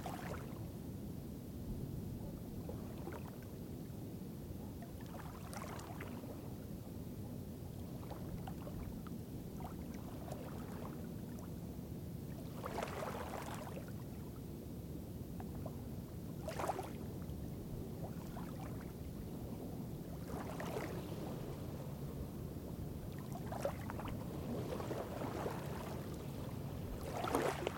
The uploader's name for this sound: Arkansas Bend County Park - Scenic Overlook - Shore